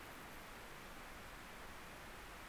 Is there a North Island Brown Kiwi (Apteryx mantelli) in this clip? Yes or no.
no